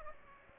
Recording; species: mosquito wingbeat signal from an infrared sensor; Aedes aegypti